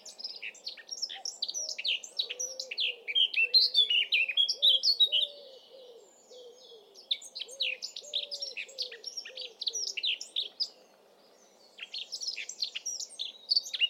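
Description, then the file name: Eurasian blackcap song: rapid, varied warbling phrases of high chattering and fluty notes, three bursts separated by brief pauses, with faint low wavering notes underneath. "Sylvia atricapilla"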